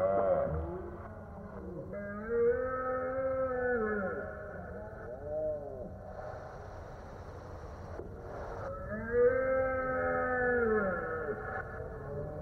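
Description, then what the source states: Deer stag roars: several drawn-out, arched groaning calls with rich harmonics, separated by pauses. Stags roaring during the autumn rut in the mountains of Scotland; processed with artistic license to sound weirder and hazy.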